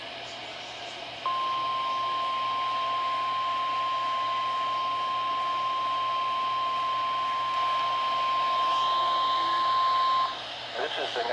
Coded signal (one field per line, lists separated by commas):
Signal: Emergency Alert System (SAME) tones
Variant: 1050 Hz attention tone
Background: speech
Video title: (EAS #329) Required Weekly Test (KEC56)